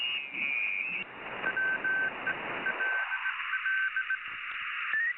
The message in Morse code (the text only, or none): WELL